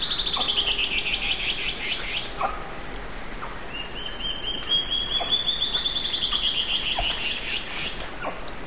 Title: LuckyPassaro Completos2Sama. Band-tailed Antbird (Hypocnemoides maculicauda)